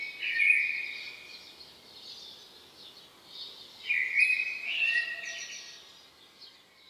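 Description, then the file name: Common blackbird giving two separate warbled phrases with high scratchy endings, separated by a few seconds of quieter faint twitters. "Turdus merula"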